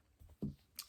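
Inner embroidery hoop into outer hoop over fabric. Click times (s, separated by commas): 0.4 s, 0.8 s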